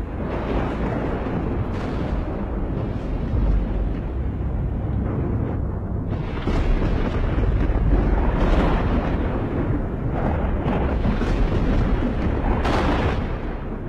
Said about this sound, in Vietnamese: Đúng lúc ấy, từ trên tầng không, bầu trời bỗng nhiên giáng một tia sét thẳng xuống, âm thanh nghe đến đinh tai nhức óc. Người ta cảm giác như tiếng sét này nó đánh ngay bên cạnh mình vậy.